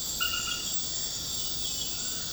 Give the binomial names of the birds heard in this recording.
none